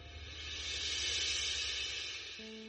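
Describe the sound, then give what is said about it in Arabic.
An underground train runs with a steady low rumble under a broad, hissing roar that swells slightly and then eases, with a low humming tone entering just before the end; standing passengers hold the carriage's leather straps, and the train reaches Piccadilly station. “كان لقاؤهما تلك المرة في قطار الأنفاق، حيث حيا كل منهما صاحبه بهزة رأس، وهما يتأرجحان وقوفا متعلقين بالمساكات الجلدية للعربة.”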